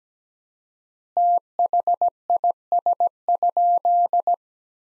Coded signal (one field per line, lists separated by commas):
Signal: Morse code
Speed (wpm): 17 wpm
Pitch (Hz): 700 Hz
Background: none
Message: THIS?